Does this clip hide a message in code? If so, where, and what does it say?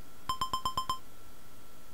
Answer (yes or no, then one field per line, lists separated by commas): no